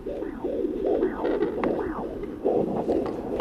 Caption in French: On remarque que le rythme cardiaque est très accéléré, ce qui est normal et qui est très différent de celui de la maman, puisque celui de la maman est beaucoup plus lent. Quand c'est bien tapé comme ça, on se dit que c'est bien, que le bébé va bien.